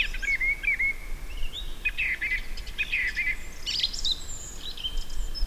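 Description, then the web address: Song thrush song: varied whistled and fluty phrases, some sustained near one pitch, others broken into rapid notes, with a low steady rumble underneath. "ljud Turdus philomelos"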